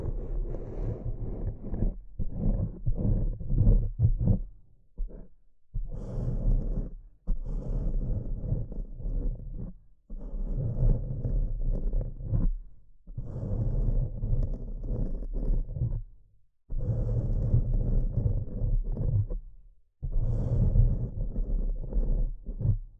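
Scratching and tapping come in dense, low, rumbling bursts of a few seconds each, broken by short silences throughout, with occasional brighter scrapes.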